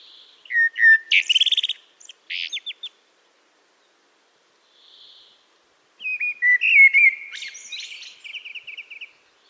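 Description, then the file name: Eurasian blackbird song: two phrases of low whistles, each followed by a run of rapid, buzzy, repeated high notes. A soft hiss sounds between them. "Turdus merula"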